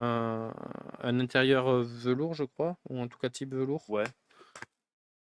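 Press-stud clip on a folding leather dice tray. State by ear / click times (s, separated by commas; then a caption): seated / 4.6 s. Someone talks while folding up the edges of a flat leather dice tray with a velvet-type lining, then snaps its corner press-stud clip shut. Two short clicks at 4.6 s and 4.6 s mark the corner clipping together, seated.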